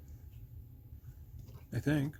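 The plastic body shell of an HO scale Stewart VO1000 model locomotive is handled over its chassis after an NCE plug-in decoder has been installed, with low, quiet handling noise before someone talks near the end. The shell has not snapped into place yet, and nothing has seated or clicked.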